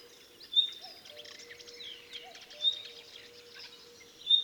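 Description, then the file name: Common nightingale calling with crisp, high whistled notes about every two seconds, above faint scratchy background sounds and a low steady hum. "Luscinia megarhynchos"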